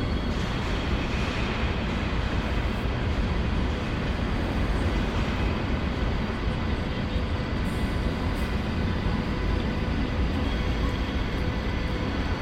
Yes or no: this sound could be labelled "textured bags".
no